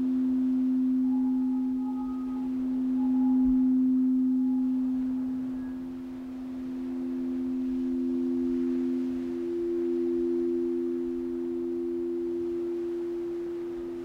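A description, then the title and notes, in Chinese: A singing bowl hums steadily with two low, sustained tones that slowly swell and fade, beating gently against each other. Fainter higher overtones ring in the first few seconds, while a soft, steady wash of sea waves fills the background. 海屿音浪 颂钵舒眠。在海边。背景里的海浪声和颂钵皆为现场收音。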